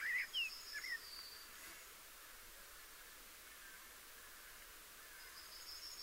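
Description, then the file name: Eurasian blackbird singing a quick cluster of sliding whistled notes at the start, with only faint sounds afterward. "Turdus merula"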